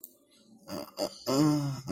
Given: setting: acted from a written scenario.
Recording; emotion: vocal sound without words; confusion